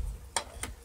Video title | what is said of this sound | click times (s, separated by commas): Electric Meat Grinder Sausage Stuffer Max 2000W Meat Mincer Food Grinder Review | in this direction but it does lock in place i've had a couple where | 0.4 s